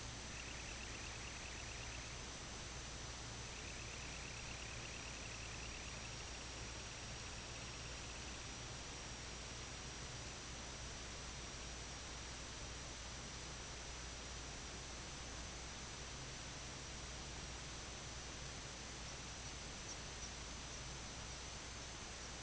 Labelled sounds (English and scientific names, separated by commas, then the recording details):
Semipalmated Sandpiper (Calidris pusilla), White-rumped Sandpiper (Calidris fuscicollis)
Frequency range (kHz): Semipalmated Sandpiper (Calidris pusilla) 1.5-3.4 kHz; White-rumped Sandpiper (Calidris fuscicollis) 5.0-7.3 kHz
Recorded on Arctic tundra, site IGLO-D, on 17 June 2018
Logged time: 00:00